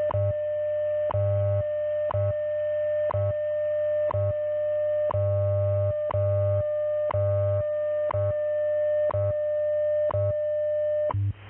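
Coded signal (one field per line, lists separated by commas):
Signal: radio time signal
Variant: WWV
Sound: continuous steady tone interrupted by a short tick every second, with a low hum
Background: radio static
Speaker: at the tone, 16 hours, 5 minutes, coordinated universal time.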